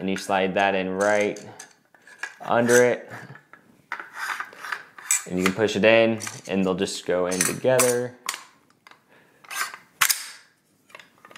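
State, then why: Seated. Someone talks while a bolt carrier group is slid in under the charging handle and both are pushed together into an AR-10 rifle upper receiver, with light metallic handling sounds along the way. A loud, sharp metal click at 10.0 s marks the charging handle latching home, leaving both seated.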